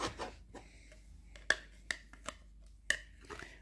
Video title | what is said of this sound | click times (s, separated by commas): #onedaysaving déballage #27 Jackie05OFF : -5 % | Voilà, ça se clipse dedans. | 1.5 s, 2.9 s